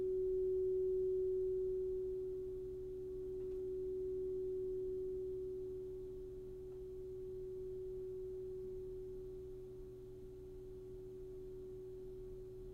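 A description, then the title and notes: A crystal singing bowl rings one pure, steady midrange tone with a faint low hum beneath, swelling gently and fading slightly over time. I was guided to record 7 crystal singing bowl clips.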